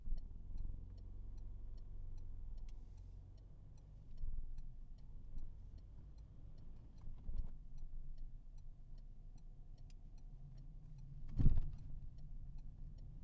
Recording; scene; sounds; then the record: everyday scene through a hearing-aid microphone; in a vehicle; engine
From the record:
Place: Berlingo II, diesel engine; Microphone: behind the ear, right, front